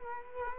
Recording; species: mosquito wingbeat signal from an infrared sensor; Culex quinquefasciatus